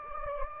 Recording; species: mosquito wingbeat signal from an infrared sensor; Anopheles gambiae